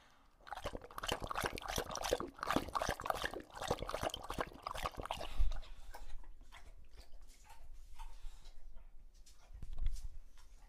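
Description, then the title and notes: English Bulldog lapping busily for about five seconds, then slower, quieter wet sounds and a low thump near the end. Male pet English Bulldog named Lucho drinking from a water bowl after a long walk, breathing heavily and out of breath between drinks. "English Bulldog Drinks from Water Bowl - Weird Sounds. listen to Lucho the English Bulldog as he tries to drink water after a long walk. Don't let his heavy breathing fool you in between drinks, he's equally out of breath from the walk"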